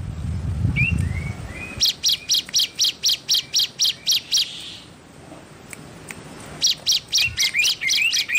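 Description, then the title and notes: Spiderhunter calls: rapid sharp chips in runs of about four a second. A low rumble starts it, and soft slurred whistles come before and after. Bird singing actively (gacor) with a clear, long song; cage-bird training song (masteran). "Pijantung Gunung Gacor Jernih Panjang. Masteran burung"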